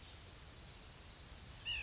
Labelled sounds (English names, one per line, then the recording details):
White-breasted Nuthatch
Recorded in Sonoma County, California